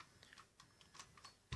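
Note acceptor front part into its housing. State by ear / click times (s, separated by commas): not seated / none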